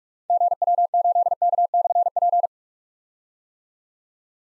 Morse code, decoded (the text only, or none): GW8K/P